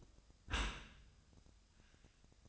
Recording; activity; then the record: daily activity, microphone in the room; close dishwasher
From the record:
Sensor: 2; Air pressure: 1004.5 hPa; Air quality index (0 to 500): 110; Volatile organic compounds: 3 ppm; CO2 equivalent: 1328 ppm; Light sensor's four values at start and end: 6/15/6/6 and 6/15/6/6